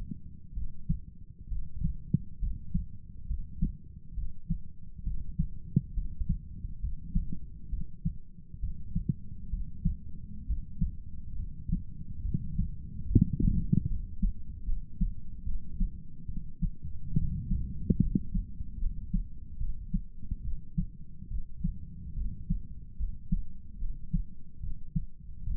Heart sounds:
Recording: heart sounds by stethoscope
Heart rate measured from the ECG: 70 bpm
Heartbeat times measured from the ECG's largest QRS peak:
0.54 s: heartbeat
1.49 s: heartbeat
2.40 s: heartbeat
3.28 s: heartbeat
4.15 s: heartbeat
5.04 s: heartbeat
5.95 s: heartbeat
6.81 s: heartbeat
7.70 s: heartbeat
8.60 s: heartbeat
9.51 s: heartbeat
10.47 s: heartbeat
11.37 s: heartbeat
12.23 s: heartbeat
13.08 s: heartbeat
13.88 s: heartbeat
14.65 s: heartbeat
15.44 s: heartbeat
16.27 s: heartbeat
17.15 s: heartbeat
18.00 s: heartbeat
18.79 s: heartbeat
19.58 s: heartbeat
20.43 s: heartbeat
21.29 s: heartbeat
22.15 s: heartbeat
22.98 s: heartbeat
23.79 s: heartbeat
24.61 s: heartbeat
25.45 s: heartbeat
From the record:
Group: healthy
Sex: male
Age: 35 years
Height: 180 cm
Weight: 86.9 kg

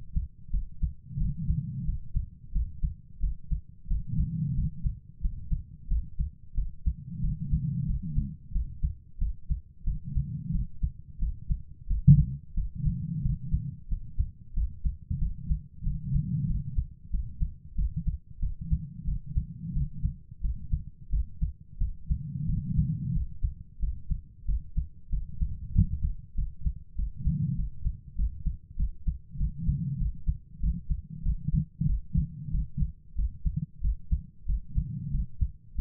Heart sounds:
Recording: heart sounds by stethoscope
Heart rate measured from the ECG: 92 bpm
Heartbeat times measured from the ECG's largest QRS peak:
0.49 s: heartbeat
1.16 s: heartbeat
1.84 s: heartbeat
2.51 s: heartbeat
3.19 s: heartbeat
3.86 s: heartbeat
4.53 s: heartbeat
5.20 s: heartbeat
5.87 s: heartbeat
6.53 s: heartbeat
7.19 s: heartbeat
7.85 s: heartbeat
8.51 s: heartbeat
9.17 s: heartbeat
9.83 s: heartbeat
10.50 s: heartbeat
11.18 s: heartbeat
11.86 s: heartbeat
12.53 s: heartbeat
13.21 s: heartbeat
13.87 s: heartbeat
14.53 s: heartbeat
15.18 s: heartbeat
15.82 s: heartbeat
16.45 s: heartbeat
17.09 s: heartbeat
17.74 s: heartbeat
18.38 s: heartbeat
19.04 s: heartbeat
19.72 s: heartbeat
20.40 s: heartbeat
21.09 s: heartbeat
21.77 s: heartbeat
22.45 s: heartbeat
23.12 s: heartbeat
23.78 s: heartbeat
24.44 s: heartbeat
25.09 s: heartbeat
25.71 s: heartbeat
26.34 s: heartbeat
26.94 s: heartbeat
27.54 s: heartbeat
28.15 s: heartbeat
28.75 s: heartbeat
29.36 s: heartbeat
29.97 s: heartbeat
30.59 s: heartbeat
31.22 s: heartbeat
31.85 s: heartbeat
32.50 s: heartbeat
33.14 s: heartbeat
33.80 s: heartbeat
34.45 s: heartbeat
35.10 s: heartbeat
35.74 s: heartbeat
From the record:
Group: healthy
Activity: cold pressor test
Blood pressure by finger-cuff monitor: 128/80 mmHg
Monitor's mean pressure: 97 mmHg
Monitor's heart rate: 92 bpm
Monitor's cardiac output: 7.4 L/min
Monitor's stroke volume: 81 mL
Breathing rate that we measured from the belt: 20 breaths a minute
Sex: female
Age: 32 years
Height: 172 cm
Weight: 71.7 kg

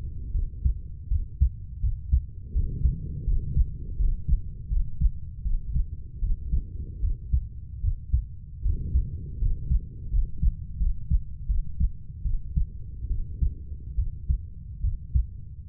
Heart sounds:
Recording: heart sounds by stethoscope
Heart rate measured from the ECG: 78 bpm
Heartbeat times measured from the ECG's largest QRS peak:
0.32 s: heartbeat
1.09 s: heartbeat
1.81 s: heartbeat
2.53 s: heartbeat
3.25 s: heartbeat
3.97 s: heartbeat
4.69 s: heartbeat
5.43 s: heartbeat
6.20 s: heartbeat
7.01 s: heartbeat
7.81 s: heartbeat
8.63 s: heartbeat
9.39 s: heartbeat
10.11 s: heartbeat
10.78 s: heartbeat
11.47 s: heartbeat
12.23 s: heartbeat
13.08 s: heartbeat
13.96 s: heartbeat
14.82 s: heartbeat
15.69 s: heartbeat
From the record:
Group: healthy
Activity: rest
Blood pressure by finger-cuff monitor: 141/86 mmHg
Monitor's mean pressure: 100 mmHg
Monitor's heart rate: 79 bpm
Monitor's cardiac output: 6.2 L/min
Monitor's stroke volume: 77 mL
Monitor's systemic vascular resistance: 1210 dyn s/cm5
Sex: female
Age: 32 years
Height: 168 cm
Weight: 61.9 kg

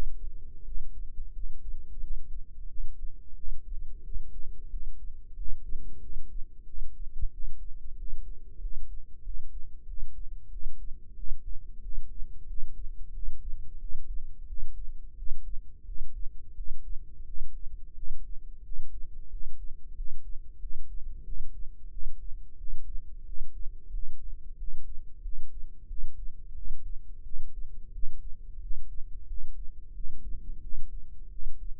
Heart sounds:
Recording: heart sounds by microphone in the left ear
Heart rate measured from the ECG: 90 bpm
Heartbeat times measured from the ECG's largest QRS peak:
0.64 s: heartbeat
1.32 s: heartbeat
1.99 s: heartbeat
2.67 s: heartbeat
3.35 s: heartbeat
4.03 s: heartbeat
4.69 s: heartbeat
5.35 s: heartbeat
5.99 s: heartbeat
6.64 s: heartbeat
7.30 s: heartbeat
7.96 s: heartbeat
8.59 s: heartbeat
9.22 s: heartbeat
9.85 s: heartbeat
10.49 s: heartbeat
11.15 s: heartbeat
11.81 s: heartbeat
12.46 s: heartbeat
13.11 s: heartbeat
13.78 s: heartbeat
14.46 s: heartbeat
15.15 s: heartbeat
15.84 s: heartbeat
16.54 s: heartbeat
17.24 s: heartbeat
17.94 s: heartbeat
18.62 s: heartbeat
19.29 s: heartbeat
19.94 s: heartbeat
20.59 s: heartbeat
21.23 s: heartbeat
21.89 s: heartbeat
22.56 s: heartbeat
23.24 s: heartbeat
23.91 s: heartbeat
24.56 s: heartbeat
25.21 s: heartbeat
25.86 s: heartbeat
26.54 s: heartbeat
27.22 s: heartbeat
27.91 s: heartbeat
28.59 s: heartbeat
29.26 s: heartbeat
29.92 s: heartbeat
30.60 s: heartbeat
31.29 s: heartbeat
From the record:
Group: healthy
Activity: rest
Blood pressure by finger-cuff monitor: 108/74 mmHg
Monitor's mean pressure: 83 mmHg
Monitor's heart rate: 90 bpm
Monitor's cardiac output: 7.4 L/min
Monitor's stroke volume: 82 mL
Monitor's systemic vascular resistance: 830 dyn s/cm5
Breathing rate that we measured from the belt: 15 breaths a minute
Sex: male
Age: 19 years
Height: 178 cm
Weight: 83 kg

